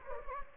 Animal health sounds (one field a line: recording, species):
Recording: mosquito wingbeat signal from an infrared sensor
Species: Anopheles gambiae